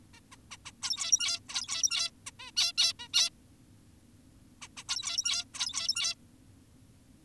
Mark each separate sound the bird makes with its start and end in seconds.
0.14-0.20, 0.32-0.36, 0.51-0.57, 0.66-0.72, 0.82-1.40, 1.49-2.11, 2.27-2.31, 2.40-2.51, 2.57-2.72, 2.78-2.93, 3.00-3.08, 3.14-3.30, 4.62-4.68, 4.77-4.84, 4.89-5.45, 5.54-6.15